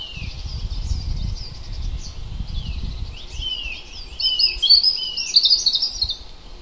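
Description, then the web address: Bird song of quick high twitters and short slurred notes, building to a bright rapid trill toward the end, with low rumbling noise underneath early on. Native forest bird recorded in April. "oeko wald- vogel april vogel heimisch"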